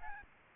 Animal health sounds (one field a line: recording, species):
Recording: mosquito wingbeat signal from an infrared sensor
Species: Aedes albopictus